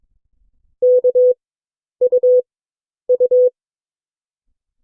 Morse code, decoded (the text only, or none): K U U